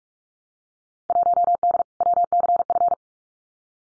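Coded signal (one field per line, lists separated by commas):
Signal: Morse code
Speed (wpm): 44 wpm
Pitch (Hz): 700 Hz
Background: none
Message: 1D WCF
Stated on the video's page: Morse drill of Field Day exchanges at 45 wpm, each sent, spoken, then sent again for head-copy practice.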